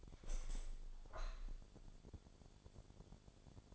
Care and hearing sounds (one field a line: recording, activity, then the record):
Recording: daily activity, microphone in the room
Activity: open window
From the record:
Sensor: 5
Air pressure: 1000.5 hPa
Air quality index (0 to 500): 154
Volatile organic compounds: 2 ppm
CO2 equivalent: 1180 ppm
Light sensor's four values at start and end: 38/91/38/41 and 38/91/38/41